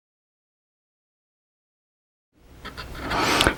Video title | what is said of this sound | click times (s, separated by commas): How to use matte board for building a diorama. | so it just pops right in there | 3.4 s, 3.5 s